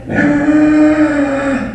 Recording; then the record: squeal of a Yucatan mini pig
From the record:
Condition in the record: after surgery on the right vocal fold (resection and tissue-engineered implant); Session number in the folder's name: 3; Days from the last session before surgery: 21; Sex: female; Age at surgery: 19 weeks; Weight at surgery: 25 kg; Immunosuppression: prednisolone